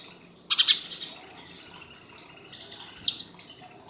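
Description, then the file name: House sparrow chirping: two brief clusters of scratchy chirps about two and a half seconds apart, over a soft steady hiss. "Passer domesticus"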